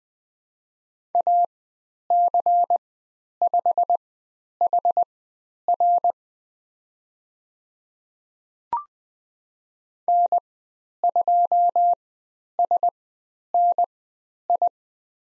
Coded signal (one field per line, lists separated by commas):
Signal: Morse code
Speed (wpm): 20 wpm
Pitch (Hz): 700 Hz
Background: none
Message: AC5HR N2SNI